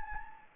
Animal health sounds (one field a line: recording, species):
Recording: mosquito wingbeat signal from an infrared sensor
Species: Anopheles gambiae